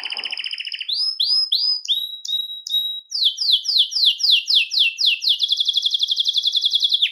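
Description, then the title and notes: Belgian canary singing varied phrases: a buzzy trill, then rising slurred whistles, a series of falling swept notes, and finally a rapid, steady high trill. "Canario Belga, nyonyastudio"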